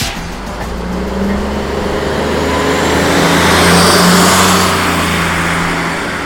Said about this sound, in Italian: Sì, certo, questo è il suono più tipico della città, il traffico.